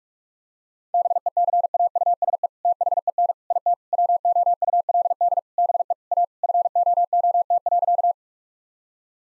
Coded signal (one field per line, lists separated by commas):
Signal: Morse code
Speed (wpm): 46 wpm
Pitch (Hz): 700 Hz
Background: none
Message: BECAUSE THEN IT WOULD BE A FOOT.